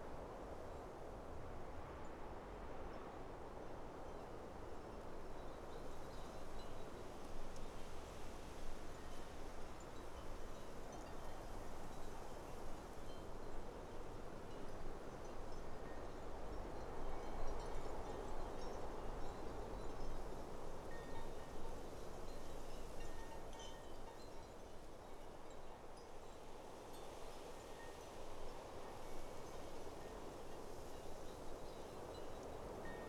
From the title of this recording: On top of a mountain